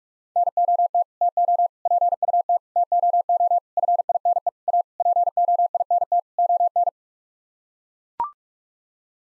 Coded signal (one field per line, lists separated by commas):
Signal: Morse code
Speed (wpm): 41 wpm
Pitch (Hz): 700 Hz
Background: none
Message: NOT TO PUT TOO FINE A POINT ON